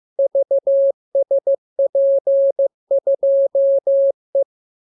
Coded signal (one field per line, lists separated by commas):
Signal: Morse code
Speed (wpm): 15 wpm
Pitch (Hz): 550 Hz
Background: none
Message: VSP2E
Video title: Learning Morse Code. Lesson 32. Letter KMURESNAPTLWI.JZ=FOY,VG5/Q92H38B?